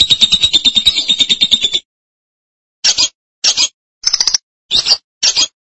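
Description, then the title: Lovebird song: a rapid, buzzy chattering trill lasting nearly two seconds, followed after a pause by five short, harsh, high chips spaced about half a second apart. "BM Suara Burung Lovebird"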